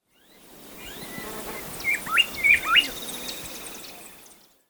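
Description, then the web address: Bar-winged wood-wren song: one short burst of clear whistled notes, a few quick rising and falling slurs, heard over a steady hiss of forest background. Ecuador. "S America Birds of Ecuador. Bar-winged Wood-Wren"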